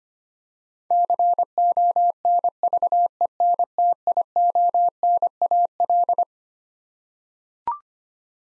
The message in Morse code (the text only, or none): CONVENTIONAL